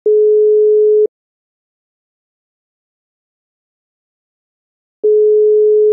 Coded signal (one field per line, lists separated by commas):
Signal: telephone call progress tone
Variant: Europe, 425 Hz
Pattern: ringback tone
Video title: Ringing / Ringback tone A (Botswana). Call-progress tones. Phone sounds. Sound effects. SFX